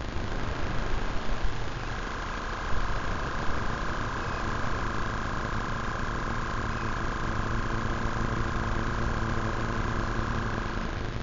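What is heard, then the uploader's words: Invisible electromagnetic frequencies rendered as sound: a steady, dense electrical hum with a buzzing low end. Several fixed tones whine above it, and a bright pair grows stronger after about two seconds. The level stays even throughout, with no distinct events. Vlad designed it for hearing the invisible electromagnetic frequencies that surround us. Ether is a handheld object, a little black box, that contains a magnetic antenna and an integrated electronic antenna. The composition time-smears and overlays excerpts from an hour long recording I made on a 3km roundtrip walk.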